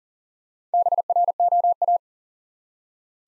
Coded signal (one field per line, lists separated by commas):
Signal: Morse code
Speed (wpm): 40 wpm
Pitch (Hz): 700 Hz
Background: none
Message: BROA